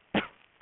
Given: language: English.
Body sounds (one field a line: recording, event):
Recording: throat vibration sensor signal played as sound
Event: cough